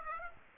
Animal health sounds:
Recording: mosquito wingbeat signal from an infrared sensor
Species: Aedes aegypti

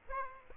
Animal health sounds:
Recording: mosquito wingbeat signal from an infrared sensor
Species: Aedes aegypti

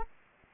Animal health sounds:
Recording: mosquito wingbeat signal from an infrared sensor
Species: Anopheles arabiensis

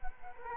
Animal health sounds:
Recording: mosquito wingbeat signal from an infrared sensor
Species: Culex quinquefasciatus

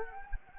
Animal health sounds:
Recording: mosquito wingbeat signal from an infrared sensor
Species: Anopheles gambiae

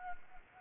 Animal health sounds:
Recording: mosquito wingbeat signal from an infrared sensor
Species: Anopheles gambiae

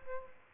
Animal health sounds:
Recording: mosquito wingbeat signal from an infrared sensor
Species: Aedes albopictus

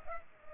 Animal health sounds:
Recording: mosquito wingbeat signal from an infrared sensor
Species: Culex pipiens

